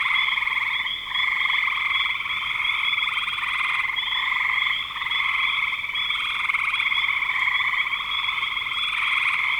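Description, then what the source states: Frogs in a steady chorus of rapid overlapping trills, dipping briefly around one and five seconds. Recorded in spring 2025.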